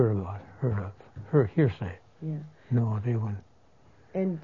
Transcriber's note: none